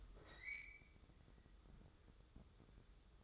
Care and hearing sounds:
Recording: daily activity, microphone in the room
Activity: open fridge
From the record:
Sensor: 3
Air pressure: 995.2 hPa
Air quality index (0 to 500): 77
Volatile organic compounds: 5 ppm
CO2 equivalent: 1820 ppm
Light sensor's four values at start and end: 19/56/24/20 and 19/56/24/20

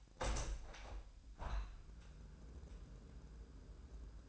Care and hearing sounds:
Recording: daily activity, microphone in the room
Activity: open window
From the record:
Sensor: 2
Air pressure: 998.4 hPa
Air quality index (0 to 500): 148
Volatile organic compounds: 4 ppm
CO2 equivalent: 1684 ppm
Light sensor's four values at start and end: 9/21/9/10 and 9/21/9/10

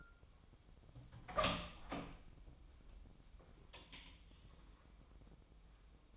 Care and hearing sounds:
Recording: daily activity, microphone in the room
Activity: open door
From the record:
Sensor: 1

